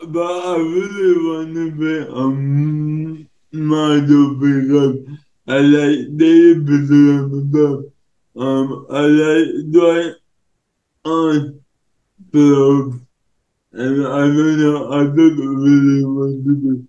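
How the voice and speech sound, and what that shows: Slow, effortful speech from an adult man with a disability, with blurred, missing consonants and stretched vowels, typical of dysarthria.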